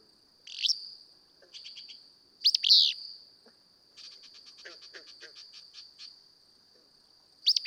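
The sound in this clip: Willow flycatcher song: short, sneezy, buzzy bursts, three in under eight seconds, over a steady high insect drone and soft chattering from other birds.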